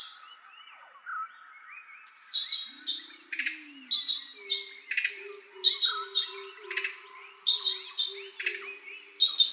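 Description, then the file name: Blue magpie: grating calls from a blue magpie, loud bursts in pairs and triplets. A low steady tone and scattered whistled notes run behind them. "Blue-Magpie from-Habitat-Edition-2017"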